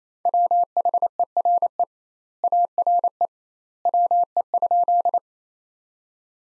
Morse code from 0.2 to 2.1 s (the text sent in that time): WHERE